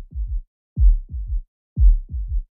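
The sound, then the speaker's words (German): A heartbeat heard through an early stethoscope placed on the chest, as first used by Laennec: three steady lub-dub pairs of deep, muffled thumps, each double beat low and soft-edged with short silent gaps between. “setzte das eine Ende auf den Brustbereich auf, legte das Ohr an das andere und hörte zu meinem Erstaunen und zu meiner Freude die Herzschläge weit reiner und deutlicher, als ich sie jemals beim direkten Auflegen des Ohrs vernommen hatte.”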